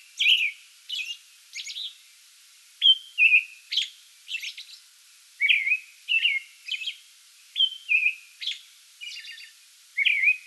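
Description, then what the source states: American robin singing a steady run of short caroling phrases separated by brief pauses, with thin high notes. Pre-dawn song bout, recorded 8 May 2022.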